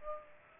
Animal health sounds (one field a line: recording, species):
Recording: mosquito wingbeat signal from an infrared sensor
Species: Culex pipiens